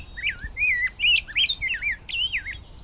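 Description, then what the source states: Rose-breasted Grosbeak song: a rich, fluid warble of rising and falling whistled phrases with little background noise. A nice warble heard up in a mature forest; species spends most of its time in the understory, about halfway up.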